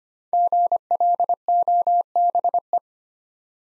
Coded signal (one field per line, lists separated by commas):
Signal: Morse code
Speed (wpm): 25 wpm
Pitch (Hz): 700 Hz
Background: none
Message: GLOBE